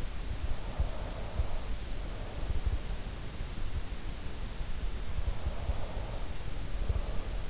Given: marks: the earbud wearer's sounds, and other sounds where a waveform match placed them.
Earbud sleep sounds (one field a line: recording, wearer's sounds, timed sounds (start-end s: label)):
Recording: sounds in sleep by an in-ear microphone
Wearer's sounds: breath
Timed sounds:
0.25-2.77 s: breath
5.36-7.50 s: breath